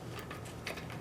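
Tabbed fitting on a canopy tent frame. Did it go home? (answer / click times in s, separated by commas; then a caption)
yes / 0.7 s. A tabbed fitting is pushed onto a canopy tent frame during a repair. It snaps into place with a sharp click at 0.7 s, leaving its tabs seated where they belong.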